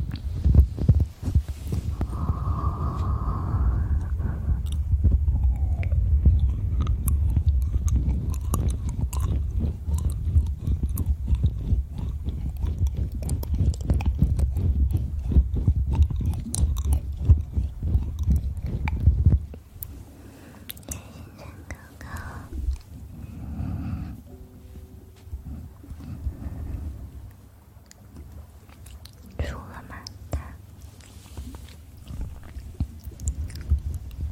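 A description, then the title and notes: Fast, dense wet eating and licking crackles for about nineteen seconds, then drops to quieter, sparser smacks, clicks and soft mouth sounds. ASMR Fast Ear Eating & Licking.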